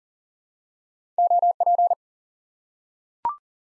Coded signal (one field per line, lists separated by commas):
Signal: Morse code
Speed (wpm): 39 wpm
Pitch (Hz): 700 Hz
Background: none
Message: OP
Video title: Course 3 - Lesson 52 - QRQ - Single Element